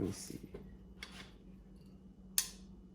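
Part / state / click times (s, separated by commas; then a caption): timing chain tensioner ratchet in engine timing cover / seated / 2.4 s. While the tensioner arm is pried, the timing chain tensioner ratchet in the engine timing cover clicks a second notch with a sharp, bright click at 2.4 s. Someone talks briefly at the start, with softer handling noises around 0.5 s and 1.0 s. The ratchet is confirmed seated on its second click.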